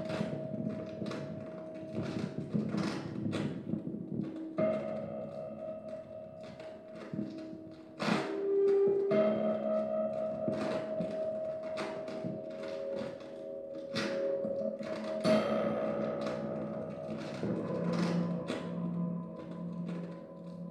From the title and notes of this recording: Tabletop improv with contact mic. Improvisation using a table top full of junk and a contact mic in my music room in Patea.